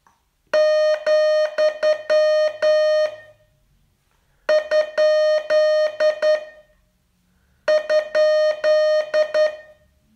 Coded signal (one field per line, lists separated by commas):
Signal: Morse code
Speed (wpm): 9 wpm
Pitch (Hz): 610 Hz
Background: none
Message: , ? ?